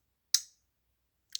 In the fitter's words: it's a nice clicky detent um